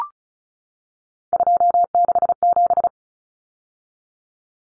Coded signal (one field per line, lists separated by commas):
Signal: Morse code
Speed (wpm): 34 wpm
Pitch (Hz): 700 Hz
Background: none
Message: 267